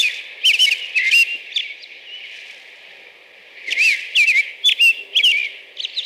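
American robin song of whistled up-and-down phrases with sharp high notes, a quieter gap in the middle, and a steady background hiss.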